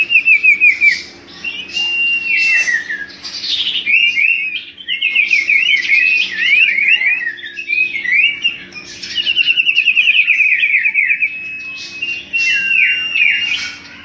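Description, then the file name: Common iora song: lively run of whistled trills and slurred notes, some long steady whistles and fast rattling series, delivered almost without pause. Song used as a lure (pancingan) for bird catching; local name cipo. "siulan cipo untuk pancingan"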